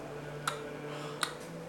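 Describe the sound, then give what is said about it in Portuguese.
Two crisp, sharp clicks about three-quarters of a second apart, a mouth imitating the tick of a kitchen clock over a low, steady background hum. “Não, o relógio da cozinha faz...”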